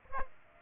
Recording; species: mosquito wingbeat signal from an infrared sensor; Aedes aegypti